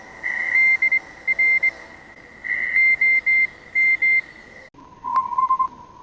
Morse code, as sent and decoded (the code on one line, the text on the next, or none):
-.. .-. / --- --
DR OM